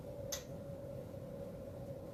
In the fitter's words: now you may not hear it but it's there is a definite click when it drops into the correct place see